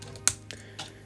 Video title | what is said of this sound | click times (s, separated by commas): TakaraTomy Transformers Robot Masters Thundercracker and Skywarp Figures - Retro Transformers Review | you can hear a snap as they go in | 0.3 s